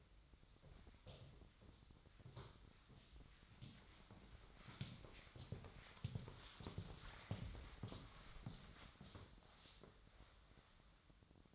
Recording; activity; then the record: daily activity, microphone in the room; walk to room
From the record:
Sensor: 3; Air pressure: 1010.2 hPa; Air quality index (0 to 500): 177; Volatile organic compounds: 11 ppm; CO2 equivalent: 2310 ppm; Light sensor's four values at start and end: 40/100/43/46 and 40/100/43/47